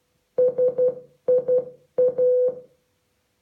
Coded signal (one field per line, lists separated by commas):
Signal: Morse code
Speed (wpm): 12 wpm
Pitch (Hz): 500 Hz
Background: none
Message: SIA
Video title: Morse code with Amazon Echo - Alexa teaches you how to Morse code